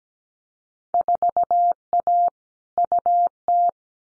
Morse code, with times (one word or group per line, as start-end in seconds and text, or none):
0.9-2.3 4A
2.8-3.7 UT